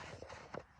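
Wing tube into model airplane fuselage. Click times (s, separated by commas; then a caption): 0.5 s. A wing tube is pushed all the way into the fuselage of a 3 m FMS Fox RC jet model airplane, with low, soft handling bumps and rustle beforehand. A single sharp click at 0.55 s marks the wing tube seating home.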